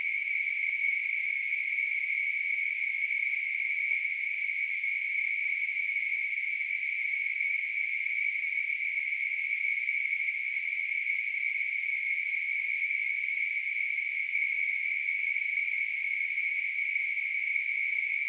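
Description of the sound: Simulated tinnitus: a steady, unbroken narrow-band hiss centred a little above 2 kHz, with a fainter band near 4.5 kHz, holding the same pitch and loudness throughout, with no low-frequency content.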